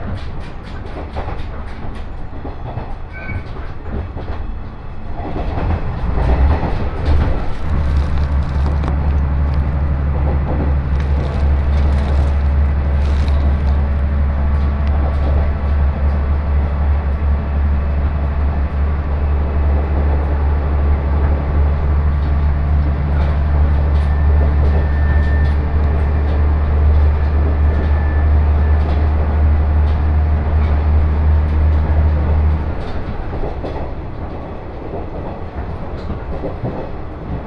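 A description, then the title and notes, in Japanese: Inside a moving electric train, a deep steady motor drone swells in around six seconds and holds strongly until about thirty-three seconds, then fades as the train slows. Rattling and clicking from the car and rails run throughout, with occasional brief bright squeaks. 耳で楽しむ鉄道旅 東北本線・北上線 花巻→北上→和賀仙人。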